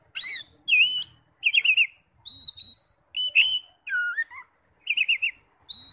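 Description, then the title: Oriental magpie-robin giving clear, sweet whistled phrases, some warbled and quavering, others steady, at short, fairly regular intervals with brief silences between. "Kacer"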